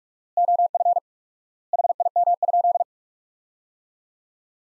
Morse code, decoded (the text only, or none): OF HIM?